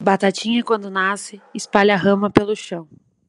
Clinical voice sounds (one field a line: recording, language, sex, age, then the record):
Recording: short text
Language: Brazilian Portuguese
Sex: female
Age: 20 to 29 years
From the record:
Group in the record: control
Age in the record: 21 years